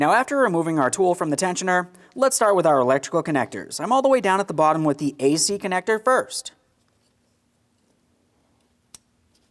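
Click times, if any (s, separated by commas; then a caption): 9.0 s. On a 2007-2014 Ford Edge 3.5L during an alternator replacement, someone talks for about the first 6.5 seconds. The AC compressor wiring connector is then pressed into its mating plug at the bottom of the engine bay, and a single sharp click is heard at 9.0 seconds. The connector is seated and secure.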